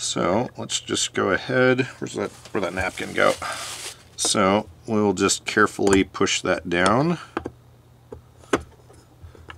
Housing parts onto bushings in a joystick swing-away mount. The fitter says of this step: making sure these pop into place like they should